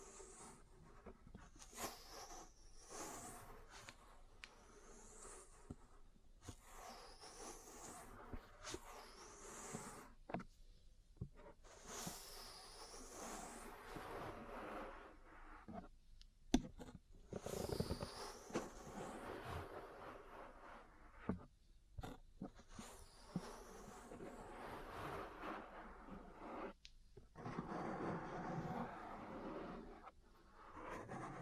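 Ear cleaning, massage and tapping sounds unfold in uneven bursts of rubbing, rustling and soft pops, broken by short silences. Bright, sweeping scratchy strokes recur every few seconds over a low muffled rumble, with brief sharper taps around the middle and a denser stretch near the end.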